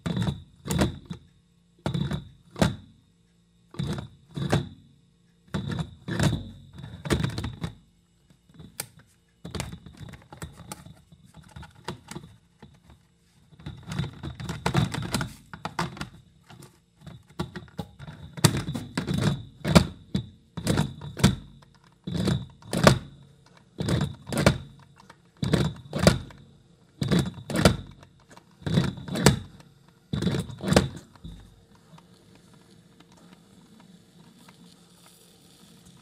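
Brewing, heard as a run of sharp, clattering knocks and thunks, about one per second with some quick doubles, each carrying a dull low thud. The knocking stops around 31 seconds, leaving a faint low hum.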